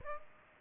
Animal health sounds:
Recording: mosquito wingbeat signal from an infrared sensor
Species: Aedes aegypti

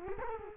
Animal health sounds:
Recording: mosquito wingbeat signal from an infrared sensor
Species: Culex quinquefasciatus

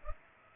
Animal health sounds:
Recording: mosquito wingbeat signal from an infrared sensor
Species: Culex pipiens

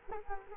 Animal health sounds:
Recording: mosquito wingbeat signal from an infrared sensor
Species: Culex quinquefasciatus

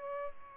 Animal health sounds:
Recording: mosquito wingbeat signal from an infrared sensor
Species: Aedes albopictus

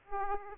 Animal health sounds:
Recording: mosquito wingbeat signal from an infrared sensor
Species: Aedes aegypti

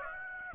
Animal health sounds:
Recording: mosquito wingbeat signal from an infrared sensor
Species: Aedes aegypti

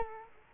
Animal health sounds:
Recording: mosquito wingbeat signal from an infrared sensor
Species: Culex quinquefasciatus

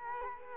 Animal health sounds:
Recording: mosquito wingbeat signal from an infrared sensor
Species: Culex quinquefasciatus

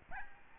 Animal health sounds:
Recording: mosquito wingbeat signal from an infrared sensor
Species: Aedes albopictus

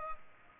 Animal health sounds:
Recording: mosquito wingbeat signal from an infrared sensor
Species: Culex pipiens

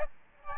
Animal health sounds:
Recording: mosquito wingbeat signal from an infrared sensor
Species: Aedes albopictus

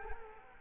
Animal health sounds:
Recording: mosquito wingbeat signal from an infrared sensor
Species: Culex quinquefasciatus

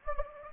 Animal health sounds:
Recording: mosquito wingbeat signal from an infrared sensor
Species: Anopheles gambiae

